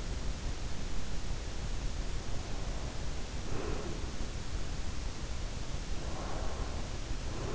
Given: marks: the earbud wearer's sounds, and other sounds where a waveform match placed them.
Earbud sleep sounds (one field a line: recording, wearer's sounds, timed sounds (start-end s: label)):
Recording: sounds in sleep by an in-ear microphone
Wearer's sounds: breath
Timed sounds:
1.05-4.08 s: breath
5.40-7.55 s: breath